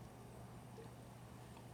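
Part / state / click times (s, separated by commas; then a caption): wheel pivot into the bridge jewel of a watch movement / not seated / none. A watchmaker lowers a bridge or plate onto a Mercury Felsa F 760 watch movement, guiding a small steel wheel pivot into its bridge jewel hole. Only a quiet, steady low hum is heard, with one faint brief tick at about 1.7 s. The pivot is in but has not seated yet, and no seating click is heard.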